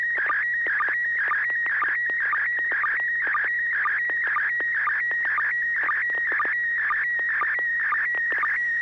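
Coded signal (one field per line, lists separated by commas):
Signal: SSTV (slow-scan television)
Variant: PD120 mode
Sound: warbling, chirping tone with a steady rhythmic tick about twice a second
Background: low hum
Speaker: okay this will be a pd120 n6wlm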